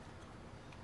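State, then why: Not seated. A new headlight's wiring plug is being handled and brought up toward its headlight socket on an MK5 VW Rabbit. Only a steady, low, rumbling background noise is heard, with no sharp transients. Nothing has seated or clicked yet.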